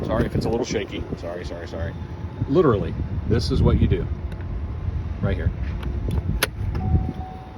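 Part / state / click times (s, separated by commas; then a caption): charging connector into electric car charge inlet / seated / 6.4 s. Someone talks while pushing an EV charging connector into an electric car's charge inlet, with faint vehicle and outdoor background noise. A sharp, loud click at 6.4 s marks the latch engaging, and the plug is seated; charging started right away.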